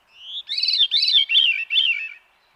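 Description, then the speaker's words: Veery song: a whirling, flute-like series of clear phrases, a rising note followed by several spiralling phrases stepping slightly lower. Summer breeding season song, heard through trees of the northern United States and southern Canada; tawny-colored thrush. "whirling, flute-like song of the veery rings through the trees of the northern United States and southern Canada during its summer breeding season."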